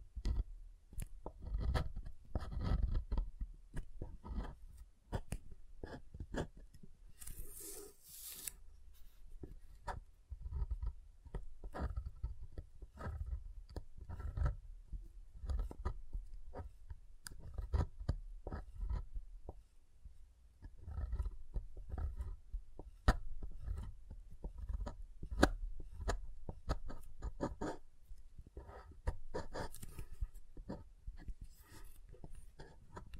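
Soap being tapped and carved, with dense, irregular clicks and scrapes throughout, a brief bright scraping burst near eight seconds, and dull low thumps.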